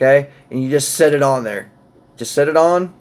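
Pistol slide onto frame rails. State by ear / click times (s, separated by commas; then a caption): not seated / none. Someone talks while handling the reassembled steel slide, fitted with its new guide rod, as it is set onto the frame rails of a polymer-framed Canik TP9SF Elite pistol. Nothing has seated or clicked yet; the slide is not yet pushed back and locked into place.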